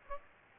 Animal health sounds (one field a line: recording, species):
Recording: mosquito wingbeat signal from an infrared sensor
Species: Aedes aegypti